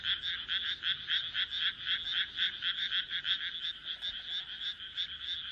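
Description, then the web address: Frog croaks in clear rhythmic pulses, about four each second, rising and falling in loudness over a chorus of further frogs. "kaeru kaeru"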